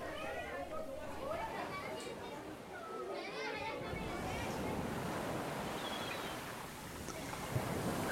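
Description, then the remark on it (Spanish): Sea waves roll and wash in a steady, broad rushing roar that swells and eases, with children's voices chattering faintly underneath and a light brush of wind. “Hoy el mar está tan hermoso.”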